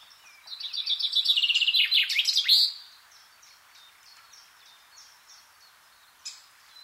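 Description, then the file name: Common chaffinch song: a quick run of bright repeated notes dropping in pitch, closing with a short flourish, followed by faint chirps. "Fringilla coelebs"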